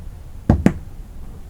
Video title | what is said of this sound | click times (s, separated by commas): Final Fairing Techniques for the Foredeck & HVLP Spraygun Setup | Snaps into place. | 0.5 s, 0.7 s